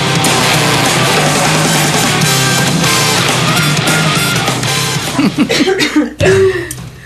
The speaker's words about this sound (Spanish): Ahí está, es un programa en vivo, por eso aquí a veces la gente le da la tos.